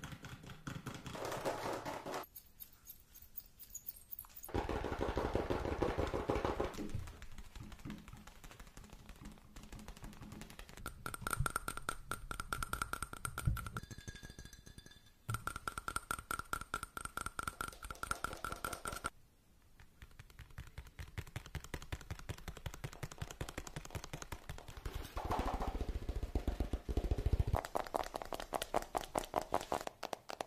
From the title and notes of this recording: Fast Tapping Deluxe Edition [Binaural Eargasm].